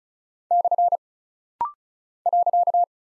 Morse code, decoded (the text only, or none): / .